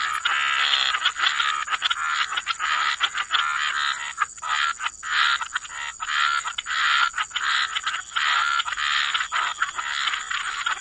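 Dense frog chorus of rapid rasping croaks, many callers overlapping with brief pauses, over a constant high hiss.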